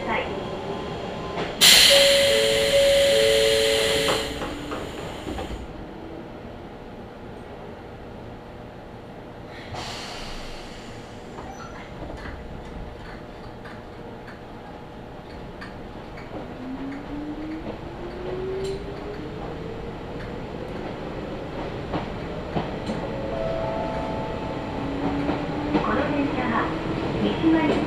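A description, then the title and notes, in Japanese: A train ride on the Izuhakone Railway: a steady low rumble of the carriage runs throughout, with a loud hissing burst from about 2 to 5 seconds and another near 10 seconds. Later, rising and falling tones sweep past as another train passes, with faint speech. 伊豆箱根鉄道 大場→三島 東海道本線 三島→沼津。大場までくると日が西に傾きはじめて予想以上に冷えてきました。富士山や箱根から吹き降ろしてくると思われる風もなかなか強いです。最初に乗った電車が三島から入線してきて行き違いをします。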